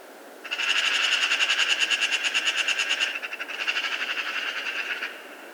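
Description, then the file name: Eurasian magpie chattering in a loud, grating rattle of quick repeated notes, pausing briefly midway and then resuming for another couple of seconds. "Pica pica"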